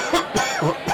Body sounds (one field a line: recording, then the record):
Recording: coughing mixed with background sound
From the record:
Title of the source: Dry Coughing Fit in the Afternoon.